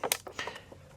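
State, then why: Seated. On a Yu Xiang F119S MD500 Little Bird RC helicopter, the battery tray is pushed back in and its tabs are pressed firmly into the fuselage slots, giving short sharp clicks at 0.1 s and 0.4 s among a few softer taps. The tabs lock fully home and the tray is seated and secure.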